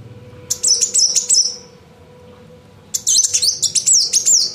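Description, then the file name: Van Hasselt's sunbird twittering in two quick, shrill bursts of chattering, wavering high notes with a short pause between them. Female. "kolibri wulung betina omkicau"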